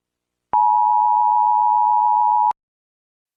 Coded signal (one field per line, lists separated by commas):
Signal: Emergency Alert System (SAME) tones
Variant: 853 and 960 Hz attention tone